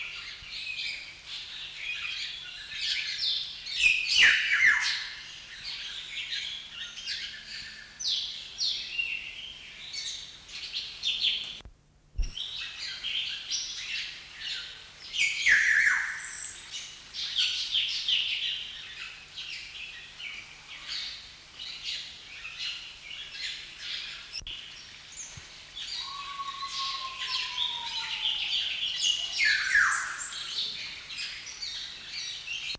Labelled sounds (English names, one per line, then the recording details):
Black-naped Oriole
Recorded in captivity
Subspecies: celebensis
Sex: male
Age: adult
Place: Zoo Berlin, Berlin, DE
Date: 1993-10-16 10:30
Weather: heiter, 6-10 °C
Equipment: Marantz CP 430, Sennheiser MKH 416 T, Kopie Uher Variocord 263
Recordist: Tembrock, Günter
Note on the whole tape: Ssp. celebensis; Strophen in Tropenhalle